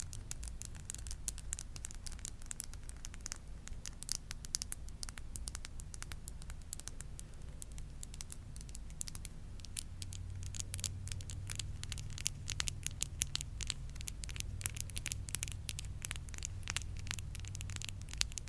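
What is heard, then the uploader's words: Quick tapping clicks on glasses, nails and skin patter steadily and grow denser toward the end, over a low constant hum. ASMR Body Tapping - glasses, teeth, nail, cheek & collarbone tapping, no talking.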